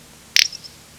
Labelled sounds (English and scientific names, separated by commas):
Little Bustard (Tetrax tetrax)